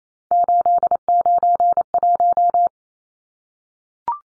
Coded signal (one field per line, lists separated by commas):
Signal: Morse code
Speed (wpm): 28 wpm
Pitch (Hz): 700 Hz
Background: none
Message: 891